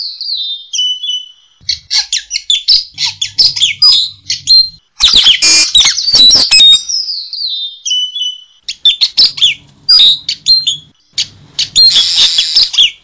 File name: nuri tanau omkicau